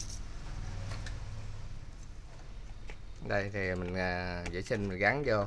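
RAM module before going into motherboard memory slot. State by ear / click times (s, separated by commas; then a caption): not seated / none. A 2GB RAM module is cleaned and handled before being fitted into a motherboard memory slot, with soft handling taps around 0.0, 1.1 and 2.9 s over a low hum. Someone talks from about 3.2 s onward. Nothing has seated or clicked yet.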